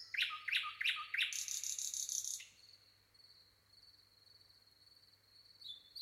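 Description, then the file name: Common nightingale singing four quick sharp notes, then a rich buzzing trill, followed by a long thin steady whistle and a final brief flourish. "Luscinia megarhynchos"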